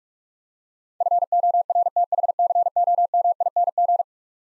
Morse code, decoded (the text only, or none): FORTHCOMING